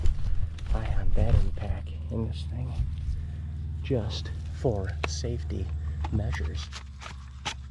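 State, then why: Not seated. Talking runs throughout; a brief sharp tick at 7.1 s might pass for seating, but nothing firmly locks.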